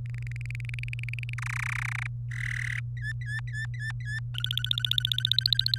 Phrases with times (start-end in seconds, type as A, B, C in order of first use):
0.06-1.34 A, 1.38-2.07 B, 2.31-2.79 C, 2.97-4.19 D, 4.34-5.78 E